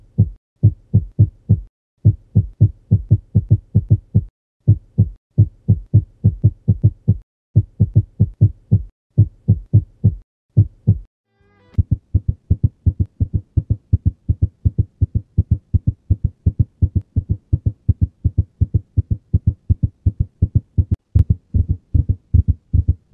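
Low heart thumps arrive in uneven clusters broken by brief pauses, then after about eleven seconds switch to a faster, denser run of beats. This irregular, changing rhythm is a cardiac arrhythmia, an abnormal heart rhythm, in an adult.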